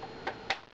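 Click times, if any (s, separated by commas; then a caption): 0.5 s. A plastic end cap is pushed onto an airsoft rifle's buffer tube after the battery connector wires are tucked into the port. A lighter tick at 0.3 s is followed by a sharper snap at 0.5 s as the cap seats.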